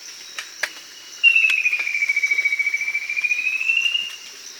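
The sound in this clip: Bird calling one drawn-out buzzy, pulsed note that dips slightly then rises again, lasting about three seconds, with a constant high insect drone behind.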